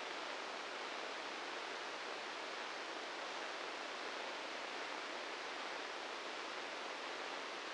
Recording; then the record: brain microelectrode recording played as sound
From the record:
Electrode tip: inside the subthalamic nucleus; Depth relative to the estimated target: 0 mm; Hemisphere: right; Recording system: NeuroSet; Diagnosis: Parkinson's disease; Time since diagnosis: 13 years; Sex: male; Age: 66 years